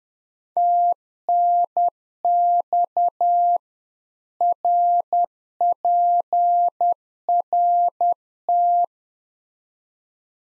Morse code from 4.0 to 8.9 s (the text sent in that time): RPRT